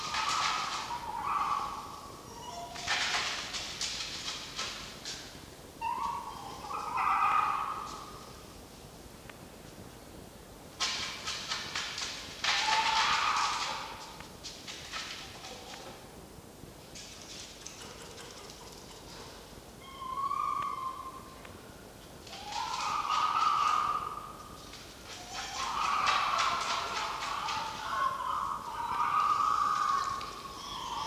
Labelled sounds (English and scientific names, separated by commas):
Red Fox (Vulpes vulpes)